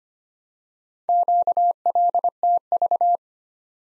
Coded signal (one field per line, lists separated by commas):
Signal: Morse code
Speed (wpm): 25 wpm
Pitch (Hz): 700 Hz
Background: none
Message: QLTV